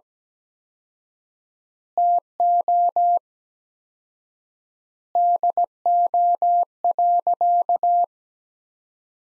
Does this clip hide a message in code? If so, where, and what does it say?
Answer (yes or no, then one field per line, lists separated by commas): yes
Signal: Morse code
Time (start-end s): 2.0-8.0 s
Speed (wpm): 17 wpm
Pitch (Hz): 700 Hz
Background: none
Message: TO DO.